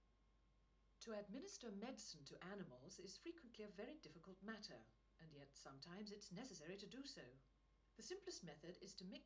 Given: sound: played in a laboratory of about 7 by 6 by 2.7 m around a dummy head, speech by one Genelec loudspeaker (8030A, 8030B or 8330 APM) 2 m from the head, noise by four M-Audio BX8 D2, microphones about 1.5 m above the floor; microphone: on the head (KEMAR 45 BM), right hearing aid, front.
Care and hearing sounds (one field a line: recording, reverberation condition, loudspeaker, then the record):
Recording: female speech in English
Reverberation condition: low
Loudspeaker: 90 degrees to the right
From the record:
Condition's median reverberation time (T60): about 310 ms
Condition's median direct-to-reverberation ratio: about 3.5 dB